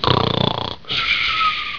Snore.